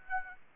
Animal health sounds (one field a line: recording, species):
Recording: mosquito wingbeat signal from an infrared sensor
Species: Aedes aegypti